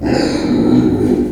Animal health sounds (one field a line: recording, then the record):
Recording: squeal of a Yucatan mini pig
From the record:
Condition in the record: before surgery on the right vocal fold (resection and tissue-engineered implant)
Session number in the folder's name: 1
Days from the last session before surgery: -21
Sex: female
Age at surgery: 19 weeks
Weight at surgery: 25 kg